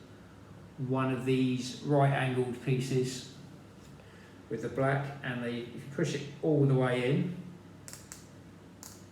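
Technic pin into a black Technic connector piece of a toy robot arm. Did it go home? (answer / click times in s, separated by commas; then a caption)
yes / 7.9 s, 8.1 s, 8.8 s. A plastic Lego Technic pin on a right-angled piece is pushed all the way into a black Technic connector piece of a toy robot arm from Lego Dreamzzz set 71454 Mateo and Z-Blob the Robot while someone talks. Sharp clicks follow at 7.9, 8.1 and 8.8 seconds as the pin seats, meaning the part stays in place.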